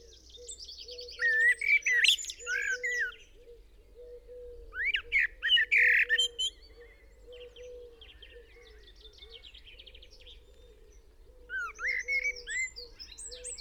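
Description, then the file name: Eurasian blackbird warbling in short bursts of mellow notes and shrill twitters, over a steady low droning hum. "Turdus merula"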